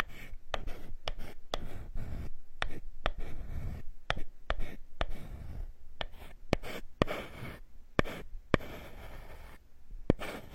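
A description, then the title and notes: Ear picking and ear massage: a steady run of soft scraping and rubbing, with sharp little clicks and taps landing roughly once or twice a second. A low rumble swells and fades under the scratching, and a few crisper ticks stand out near the end. Tree Ear Picking Supreme Spa Ear Massage.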